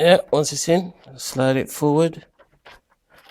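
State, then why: Not seated. Someone talks while a drive is handled in the drive bay of a Dell Precision 390 workstation case. Faint, brief handling knocks follow as the talking stops. The drive has not locked into the bay yet, and nothing has seated or clicked.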